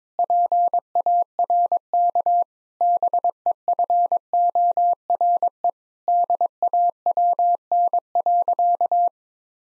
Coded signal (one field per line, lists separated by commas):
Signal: Morse code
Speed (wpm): 22 wpm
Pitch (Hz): 700 Hz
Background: none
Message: PARK BEFORE DAWN.